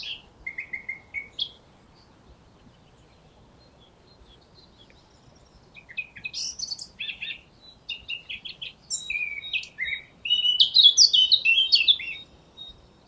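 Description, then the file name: Eurasian blackcap song in fragments: a few short notes, a long silence, then scratchy warbling that grows into a loud burst of rapid whistled notes. "Sylvia atricapilla"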